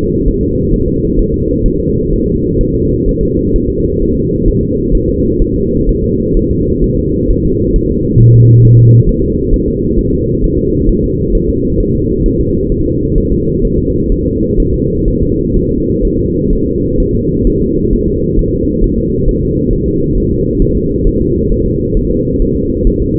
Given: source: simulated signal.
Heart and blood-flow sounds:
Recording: fetal heart sounds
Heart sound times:
0.28 s: S1
0.43 s: S2
0.74 s: S1
0.88 s: S2
1.19 s: S1
1.34 s: S2
1.66 s: S1
1.80 s: S2
2.13 s: S1
2.28 s: S2
2.61 s: S1
2.75 s: S2
3.09 s: S1
3.23 s: S2
3.56 s: S1
3.70 s: S2
4.02 s: S1
4.17 s: S2
4.48 s: S1
4.63 s: S2
4.95 s: S1
5.09 s: S2
5.42 s: S1
5.56 s: S2
5.89 s: S1
6.04 s: S2
6.37 s: S1
6.51 s: S2
6.84 s: S1
6.99 s: S2
7.31 s: S1
7.45 s: S2
7.76 s: S1
7.91 s: S2
8.21 s: S1
8.35 s: S2
8.65 s: S1
8.79 s: S2
9.09 s: S1
9.24 s: S2
9.54 s: S1
9.68 s: S2
9.99 s: S1
10.13 s: S2
10.44 s: S1
10.59 s: S2
10.89 s: S1
11.04 s: S2
11.35 s: S1
11.50 s: S2
11.80 s: S1
11.95 s: S2
12.26 s: S1
12.41 s: S2
12.72 s: S1
12.86 s: S2
13.18 s: S1
13.32 s: S2
13.65 s: S1
13.79 s: S2
14.12 s: S1
14.26 s: S2
14.60 s: S1
14.74 s: S2
15.08 s: S1
15.22 s: S2
15.56 s: S1
15.71 s: S2
16.05 s: S1
16.19 s: S2
16.53 s: S1
16.67 s: S2
17.00 s: S1
17.15 s: S2
17.47 s: S1
17.62 s: S2
17.93 s: S1
18.08 s: S2
18.39 s: S1
18.53 s: S2
18.84 s: S1
18.98 s: S2
19.29 s: S1
19.43 s: S2
19.73 s: S1
19.88 s: S2
20.18 s: S1
20.32 s: S2
20.62 s: S1
20.77 s: S2
21.07 s: S1
21.21 s: S2
21.52 s: S1
21.66 s: S2
21.97 s: S1
22.12 s: S2
22.42 s: S1
22.56 s: S2
22.87 s: S1
23.02 s: S2
From the record:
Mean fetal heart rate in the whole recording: 130 bpm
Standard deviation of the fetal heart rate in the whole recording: 4 bpm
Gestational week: 38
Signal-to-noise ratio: -10.2 dB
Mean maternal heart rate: 72 bpm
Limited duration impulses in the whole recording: present

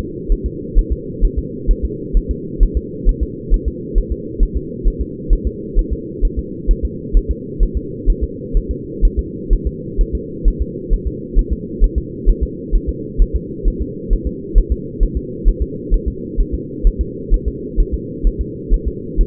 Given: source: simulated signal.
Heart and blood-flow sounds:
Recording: fetal heart sounds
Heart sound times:
0.32 s: S1
0.46 s: S2
0.78 s: S1
0.93 s: S2
1.25 s: S1
1.39 s: S2
1.71 s: S1
1.85 s: S2
2.17 s: S1
2.31 s: S2
2.63 s: S1
2.77 s: S2
3.09 s: S1
3.23 s: S2
3.54 s: S1
3.68 s: S2
3.98 s: S1
4.12 s: S2
4.43 s: S1
4.57 s: S2
4.88 s: S1
5.02 s: S2
5.33 s: S1
5.47 s: S2
5.79 s: S1
5.93 s: S2
6.25 s: S1
6.39 s: S2
6.71 s: S1
6.85 s: S2
7.17 s: S1
7.31 s: S2
7.63 s: S1
7.77 s: S2
8.10 s: S1
8.24 s: S2
8.57 s: S1
8.71 s: S2
9.05 s: S1
9.19 s: S2
9.53 s: S1
9.67 s: S2
10.01 s: S1
10.15 s: S2
10.48 s: S1
10.62 s: S2
10.94 s: S1
11.07 s: S2
11.39 s: S1
11.53 s: S2
11.84 s: S1
11.98 s: S2
12.29 s: S1
12.43 s: S2
12.75 s: S1
12.89 s: S2
13.22 s: S1
13.36 s: S2
13.68 s: S1
13.82 s: S2
14.13 s: S1
14.27 s: S2
14.58 s: S1
14.72 s: S2
15.03 s: S1
15.17 s: S2
15.48 s: S1
15.62 s: S2
15.94 s: S1
16.08 s: S2
16.41 s: S1
16.54 s: S2
16.87 s: S1
17.01 s: S2
17.34 s: S1
17.48 s: S2
17.80 s: S1
17.94 s: S2
18.27 s: S1
18.41 s: S2
18.74 s: S1
18.88 s: S2
19.21 s: S1
From the record:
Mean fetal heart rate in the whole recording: 130 bpm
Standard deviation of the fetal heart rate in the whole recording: 4 bpm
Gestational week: 38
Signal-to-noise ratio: -4.1 dB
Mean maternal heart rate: no maternal heart sound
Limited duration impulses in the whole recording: absent

